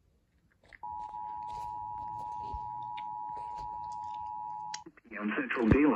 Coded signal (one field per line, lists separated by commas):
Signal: Emergency Alert System (SAME) tones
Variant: 853 and 960 Hz attention tone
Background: speech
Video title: Flash Flood Warning EAS#432